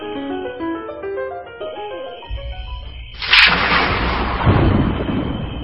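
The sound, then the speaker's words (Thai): Tonal music plays, then a sharp loud blast bursts in, followed by a rumbling, crackling roar of gunshots fired into the air to drive off wolves, carrying on over a low background. “พวกเราต้องช่วยกันตะโกนขับไล่หมาป่าพวกนี้ไปพร้อมๆกันดังๆช่วยกันมันไม่กล้าทำร้ายเราแน่ๆเอาละ1 2 3 ไปไปยิงยิงขึ้นไปไปไปไปไ ปหมาป่ามันวิ่งหนีไปหมดแล้วมันกลัวเราจริงๆด้วย”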